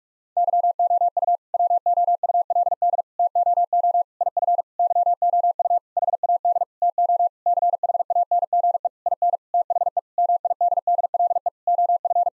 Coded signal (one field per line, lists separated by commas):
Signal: Morse code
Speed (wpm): 46 wpm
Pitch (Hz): 700 Hz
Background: none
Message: YOU WOULD TOO IF YOU HAD TO CHANGE IN THE MIDDLE OF